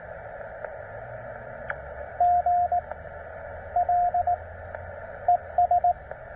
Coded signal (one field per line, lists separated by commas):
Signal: Morse code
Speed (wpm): 17 wpm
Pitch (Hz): 700 Hz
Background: radio noise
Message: GL ES